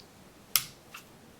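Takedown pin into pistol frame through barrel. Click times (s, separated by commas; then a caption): 0.6 s. During reassembly of an SCCY CPX-3 compact .380 pistol, the takedown pin is placed back through the lined-up barrel hole into the frame and pressed down. It seats with one sharp, loud metallic snap at 0.6 s, followed by a much fainter click at about 1.0 s.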